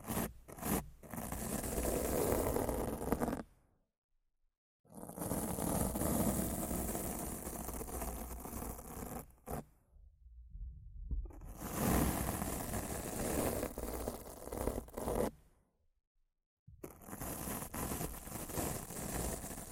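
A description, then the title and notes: Rough scratching and brushing on a mic comes in long dense, raspy bursts with sharp clicks, broken by three short silent pauses. ASMR Rough Mic Scratching & Brushing (No Talking).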